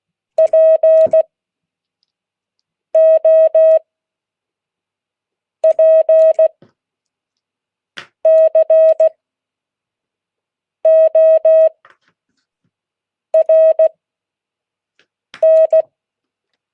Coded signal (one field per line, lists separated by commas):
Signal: Morse code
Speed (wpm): 16 wpm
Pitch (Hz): 640 Hz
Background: none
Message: POPCORN